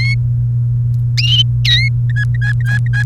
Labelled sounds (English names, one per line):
Domestic Canary song